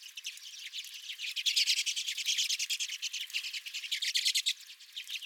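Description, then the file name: Busy twittering of redpolls, quick buzzy notes packed closely together, loudest in the middle and easing toward the end. Several redpolls at a feeder. "Redpolls at My Feeder"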